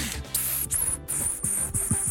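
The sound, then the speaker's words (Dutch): A person imitates a kingfisher's call with shrill, very high-pitched whistling, about four sustained piercing bursts separated by brief gaps, with no speech. “Zoiets, maar ik kan het niet goed nadoen. Dat is ongeveer een ijsvogel. Het is heel schel en hoog.”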